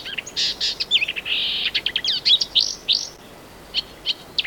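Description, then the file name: Marsh warbler singing a fast, varied jumble of high chirps, buzzy trills and sliding whistles, with brief pauses between bursts and a short quiet gap near the end. "Marsh Warbler (Acrocephalus palustris)"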